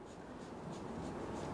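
A coolant cap on the engine coolant reservoir of a Toyota hybrid is being turned by hand. A steady, low rubbing and scraping noise with faint hiss slowly grows a little louder, with no sharp transients. Nothing has seated or clicked yet.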